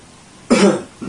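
An adult coughs.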